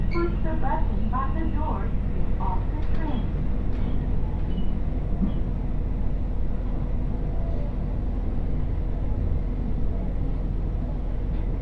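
A steady low rumble and hum fill an onboard ride on a one-car GV-E400 hybrid train on the Tsugaru Line from Kanita toward Tsugaru-Futamata. A voice, likely an announcement, speaks over the noise in the first few seconds, then short clicks and creaks surface occasionally.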